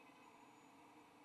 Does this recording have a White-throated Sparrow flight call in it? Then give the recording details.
no. No flight call is heard. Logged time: 05:51 on 29 November 2014